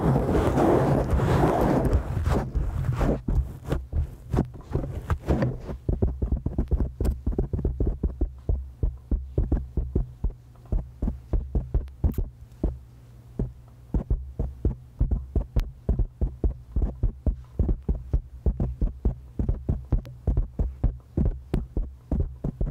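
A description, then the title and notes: Head scratching against a covered mic: a dense, rough rustle fills the first two seconds, then settles into quick, regular scratchy strokes repeating to the end. A low, steady hum and thumping pulse sit underneath throughout, with occasional sharp clicks. ASMR Head Scratchies! Different Mic Covers.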